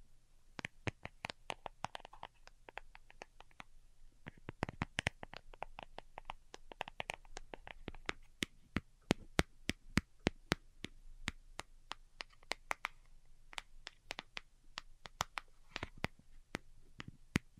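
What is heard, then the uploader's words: Delicate tapping runs throughout as sharp, crisp clicks, quick and irregular, sometimes clustered into rapid bursts and sometimes spaced apart. The taps sound bright and light, with a soft low hum and faint rustling beneath, and a brief thicker, muffled patch near the four-second mark. ASMR DELICATE Tapping for Sleep (No Talking).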